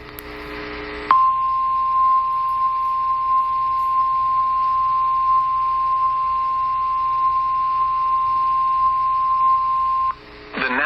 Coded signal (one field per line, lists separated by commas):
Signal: Emergency Alert System (SAME) tones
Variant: 1050 Hz attention tone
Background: speech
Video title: Eas Fwd Sva on KEC55, KEC56, KGAF-AM Eas#1791- 1793)